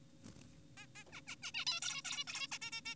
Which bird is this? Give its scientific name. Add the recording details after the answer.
Taeniopygia guttata. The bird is an adult. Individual g4p5U